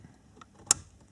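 A flat metal DIN removal key, its flat edge to the outside and curved edge toward the center, is fed gently into the slot of an Audi A4/S4/RS4 B6/B7 (2001–2008) RNS-E/RNS-D sat nav head unit. A faint tick at 0.4 s comes before a sharp, bright click at 0.7 s, as the key clicks and locks into place, seated.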